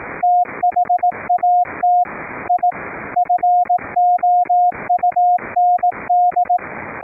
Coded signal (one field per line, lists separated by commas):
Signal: Morse code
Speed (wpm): 18 wpm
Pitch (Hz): 710 Hz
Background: radio noise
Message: THAT I FOUND